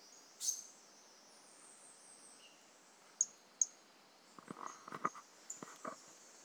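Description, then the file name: Brachycephalus mirissimus starting with a buzzy high note, then two crisp chirps, followed by a cluster of clicks and rustling taps. Individual 01 of Brachycephalus mirissimus, recorded 18 January 2018; the frog was not collected. "Brachycephalus mirissimus 18 jan 2018 individual 01 ex 02 A E Confetti not collected"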